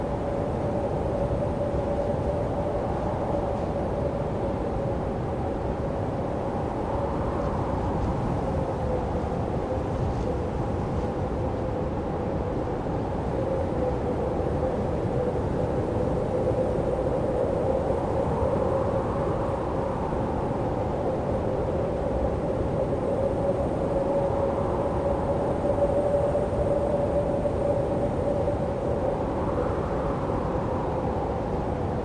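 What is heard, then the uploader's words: Strong wind roars steadily in a dense low rush, with faint whistling swells rising and falling every few seconds throughout. Snowstorm, Blizzard & Howling Winds. Snow nature.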